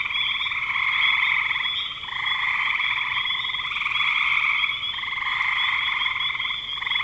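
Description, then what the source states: Massed frog calls, buzzy high trills pulsing and overlapping, with short lulls about every couple of seconds. Frogs calling in spring 2025.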